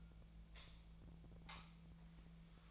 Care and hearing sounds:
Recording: daily activity, microphone in the room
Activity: light off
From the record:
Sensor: 1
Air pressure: 1009.8 hPa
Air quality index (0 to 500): 190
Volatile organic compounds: 18 ppm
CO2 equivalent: 2610 ppm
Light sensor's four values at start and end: 46/133/55/62 and 35/90/37/45

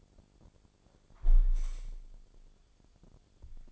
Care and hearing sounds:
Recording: daily activity, microphone in the room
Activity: close window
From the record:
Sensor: 5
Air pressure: 1000.5 hPa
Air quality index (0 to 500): 149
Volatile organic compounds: 2 ppm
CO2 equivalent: 1147 ppm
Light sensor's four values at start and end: 41/95/40/43 and 40/95/40/43

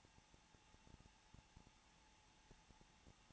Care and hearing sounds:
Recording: daily activity, microphone in the room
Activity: no activity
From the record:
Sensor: 1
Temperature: 20.2 degrees Celsius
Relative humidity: 35.7%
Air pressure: 994.5 hPa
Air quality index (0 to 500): 181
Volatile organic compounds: 7 ppm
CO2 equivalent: 1989 ppm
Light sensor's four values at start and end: 1/2/1/1 and 1/2/1/1

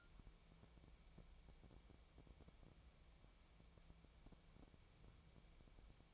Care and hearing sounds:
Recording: daily activity, microphone in the room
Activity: wipe stove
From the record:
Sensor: 1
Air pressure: 1001.6 hPa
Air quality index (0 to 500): 217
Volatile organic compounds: 27 ppm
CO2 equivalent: 2893 ppm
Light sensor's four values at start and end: 7/28/10/11 and 7/28/10/11

